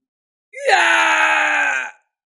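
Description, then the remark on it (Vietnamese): A man lets out a single loud, agonized scream lasting about a second and a half as a golden war spear pierces him through from behind, starting with a rising strained cry and holding a harsh, steady pitch before cutting off. “Kim Xích Tiêu hét thảm, bị hoàng kim chiến mâu xuyên thấu kéo đi bay ra ngàn trượng, ghim trên vách núi phía trước.”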